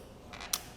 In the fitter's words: you want to make sure you hear a click and close that lever all the way